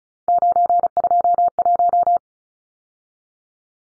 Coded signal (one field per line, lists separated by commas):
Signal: Morse code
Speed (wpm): 34 wpm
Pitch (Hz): 700 Hz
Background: none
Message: 921